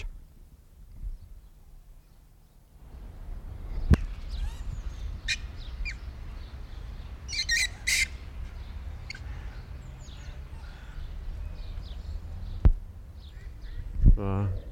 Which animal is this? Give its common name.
Japanese Macaque